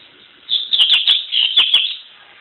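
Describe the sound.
Double-collared seedeater song: a quick run of bright, chattering notes with sharp clicks, lasting about one and a half seconds over a steady background hiss.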